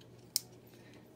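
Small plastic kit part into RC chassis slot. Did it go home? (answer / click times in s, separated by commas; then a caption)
yes / 0.4 s. A small plastic part of a Tamiya Lunchbox Jr RC gearbox is slipped into its slot in the chassis and pressed down. A single sharp, bright snap is heard at 0.4 seconds over quiet background hum. The part is seated, snapped into place.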